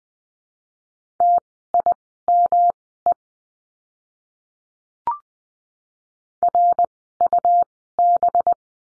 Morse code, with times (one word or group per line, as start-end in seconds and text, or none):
1.2-3.1 TIME
6.4-8.5 RUB